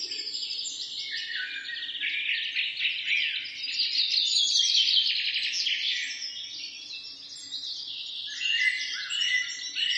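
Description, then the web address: Bird calls form a busy, continuous chatter of rapid high chirps and trills, peaking in the middle, with a few sharper notes standing out toward the end. "sounds animals birds"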